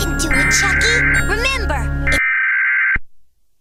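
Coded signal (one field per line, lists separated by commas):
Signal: Emergency Alert System (SAME) tones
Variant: header bursts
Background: speech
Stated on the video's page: Mock EAS scenario tones, fictional 1987 alert about an unknown entity.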